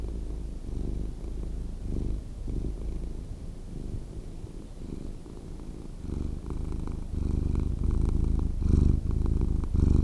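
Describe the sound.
Cat purring, a low rumbling pulse that swells and fades with each breath, growing a little louder toward the end.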